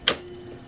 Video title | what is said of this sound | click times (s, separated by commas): HP Color LaserJet Enterprise M553 - Onyx Imaging - OKC Printer Repair - How to Change Toner | once you hear it click you know it's in there correctly | 0.1 s